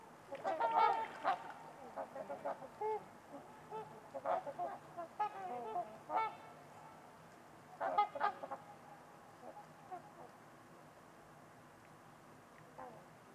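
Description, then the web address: Trumpeter swan honks, fairly soft, in a burst at the start, scattered calls through the middle, another cluster later, then mostly quiet. Trumpeter swans on a winter's eve at Winters Lake in a deep, silent valley, with distant white noise noted. "Trumpeter Swans on a Winter's Eve. Nick-Mc Mahan Winters-Lake-with-Swan. Wind Is the Original Radio"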